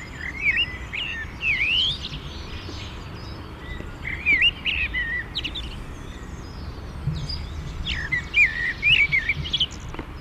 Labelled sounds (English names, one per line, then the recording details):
Common Blackbird song
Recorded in the wild
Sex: male
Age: adult
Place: Garmisch-Partenkirchen, Bayern, DE
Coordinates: 47.4925, 11.0736
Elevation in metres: 708
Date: 1969-04-13
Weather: Schneefall
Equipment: Uher 4000 Report
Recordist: Tretzel, Erwin